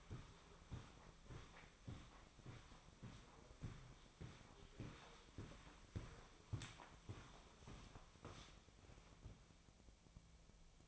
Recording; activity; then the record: daily activity, microphone in the room; walk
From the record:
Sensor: 1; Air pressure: 1009.3 hPa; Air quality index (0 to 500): 188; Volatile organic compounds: 4 ppm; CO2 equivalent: 1582 ppm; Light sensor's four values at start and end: 52/138/57/69 and 51/139/57/69